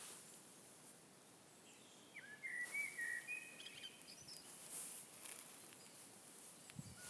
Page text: Melnais mežastrazds, Turdus merula Novērojuma laiks 29-Mar-2025 plkst. 17:10 Tukuma novads Skaits 2 Dzied ligzdošanai piemērotā biotopā (D) 2 putni. Viens sēdēja blakus eglē, otrs dzirdams dziļāk mežā.